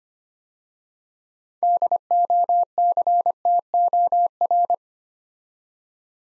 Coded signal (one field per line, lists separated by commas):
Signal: Morse code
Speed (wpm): 25 wpm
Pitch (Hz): 700 Hz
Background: none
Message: DOCTOR